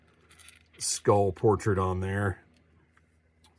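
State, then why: Seated. An alternate mummified skull head for a NECA Universal Monsters The Mummy Ultimate Ardath Bey action figure is pushed onto the figure's plastic neck peg. Someone talks briefly, then a faint, sharp pop is heard at 3.0 s as the head seats on the peg, followed by light handling sounds.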